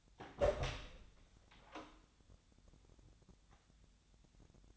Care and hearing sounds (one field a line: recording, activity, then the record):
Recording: daily activity, microphone in the room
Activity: open door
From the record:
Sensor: 3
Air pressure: 1007.1 hPa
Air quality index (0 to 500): 204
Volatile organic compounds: 18 ppm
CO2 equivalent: 2605 ppm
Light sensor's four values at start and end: 12/28/12/12 and 12/28/12/12